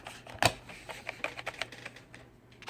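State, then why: Not seated. A plastic battery cover is pressed into the battery compartment of a Logitech K780 multimedia keyboard for a second time, with a louder plastic knock at about 0.5 s followed by a string of light taps and rattles between roughly 1.1 and 1.6 s. The cover only lays in place, and nothing has snapped or clicked in yet.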